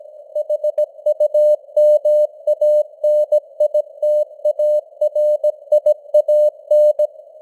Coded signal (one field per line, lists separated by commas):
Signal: Morse code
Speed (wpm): 17 wpm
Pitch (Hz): 600 Hz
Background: none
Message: HUMANITARIAN